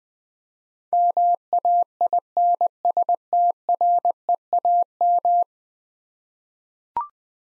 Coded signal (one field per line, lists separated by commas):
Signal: Morse code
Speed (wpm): 20 wpm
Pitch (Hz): 700 Hz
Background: none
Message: MAINSTREAM